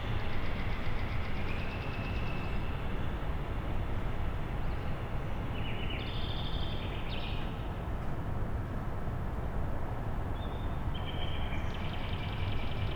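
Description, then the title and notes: Nightingale singing several varied phrases of rapid repeated notes and short whistles, spaced by pauses, with continuous low city noise underneath. Night, among blocks of flats in Siemianowice Śląskie, Poland, Monday 20 May 2019; song echoing between buildings; recorded on a Zoom H5 with an Audio-Technica BP4025. "Jana Pawła II 20C, 41-106 Siemianowice Śląskie, Polska - Nightingale amidst blocks of flats. Poniedziałek, 20 maja 2019. Noc. Echo słowika wśród bloków. Monday, May 20th 2019. Nighttime. Nightingale echoing amidst blocks of flats. Field recordings of Siemianowice Śląskie - City Soundscape"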